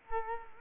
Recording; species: mosquito wingbeat signal from an infrared sensor; Culex quinquefasciatus